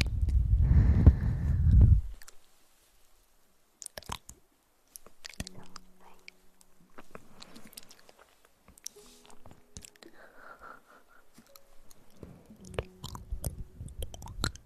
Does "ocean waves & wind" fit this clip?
no